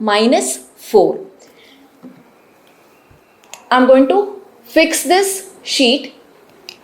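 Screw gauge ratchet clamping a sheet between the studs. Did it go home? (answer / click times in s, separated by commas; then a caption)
yes / 6.7 s. Someone talks while turning the ratchet of a screw gauge to clamp a thin sheet firmly between the anvil and spindle studs. Faint ticks come around 3.4–3.5 s, then a sharp ratchet click at 6.7 s signals that the sheet is clamped and turning should stop.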